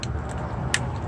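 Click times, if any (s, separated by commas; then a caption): 0.0 s, 0.7 s. The wiring harness plugs on an MK6 GTI are pulled straight forward onto all the ignition coil packs at once during a spark plug change. Their plastic connectors click into place with a faint click at 0.0 s and a sharper, louder click at 0.7 s, over a steady low hum. The connectors are confirmed seated.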